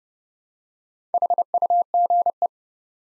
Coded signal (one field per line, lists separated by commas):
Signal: Morse code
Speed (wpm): 31 wpm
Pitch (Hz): 700 Hz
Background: none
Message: HUGE